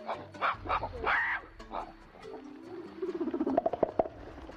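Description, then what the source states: Mountain gorilla vocalizations: a few short grunting calls, then a fast run of rhythmic pulsed grunts near the end. Mountain gorilla recorded in East Africa.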